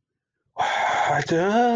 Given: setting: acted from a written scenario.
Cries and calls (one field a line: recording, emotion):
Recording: vocal sound without words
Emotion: fear